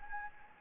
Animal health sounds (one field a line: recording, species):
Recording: mosquito wingbeat signal from an infrared sensor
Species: Anopheles gambiae